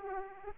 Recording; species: mosquito wingbeat signal from an infrared sensor; Aedes aegypti